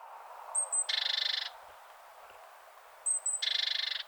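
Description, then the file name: Great tit call given twice about two and a half seconds apart. Each opens with a pair of sharp, high notes, then breaks into a dry, churring buzz. "Parus major"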